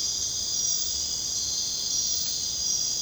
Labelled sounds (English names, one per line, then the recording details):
none
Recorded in secondary vegetation near Puerto Asís, Putumayo, Colombia, on 23 June 2025 at 00:00
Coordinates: 0.484, -76.319
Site G074